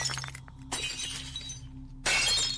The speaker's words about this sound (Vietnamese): Ở trong nhà bỗng nhiên loảng xoảng, bốn cái gương treo ở góc tường vỡ tan tành, âm thanh nghe đến chói tai.